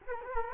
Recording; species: mosquito wingbeat signal from an infrared sensor; Culex quinquefasciatus